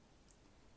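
The clasp of a vintage terracotta-colored enamel bracelet is opened from its catch. A single short, bright click at 0.3 s stands out against a quiet background as the fastening comes open and is released.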